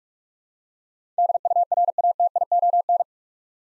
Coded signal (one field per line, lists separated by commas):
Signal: Morse code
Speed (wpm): 46 wpm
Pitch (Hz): 700 Hz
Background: none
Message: DURATION